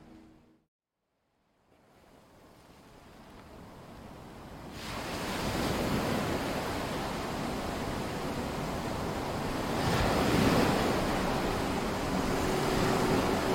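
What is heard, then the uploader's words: Ocean waves wash in after a brief silence near the start, the rushing surf swelling steadily louder and denser over the first few seconds. A fuller wave breaks around ten seconds, its hiss filling the whole range, with a rumble of wind underneath. Soothing Wave Sounds.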